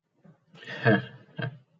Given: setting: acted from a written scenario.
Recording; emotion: vocal sound without words; relief